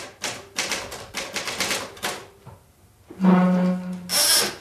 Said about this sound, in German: Jetzt mit einem Stift in der rechten Hand, um die Tasten besser zu treffen. Über seine Arbeitsweise erzählt er 1978 in Wien dem Autor dieser Langen Nacht. Günter Anders und seine Schreibmaschine im Originalton.